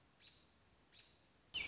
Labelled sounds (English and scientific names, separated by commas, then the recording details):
American Robin (Turdus migratorius)
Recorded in Sonoma County, California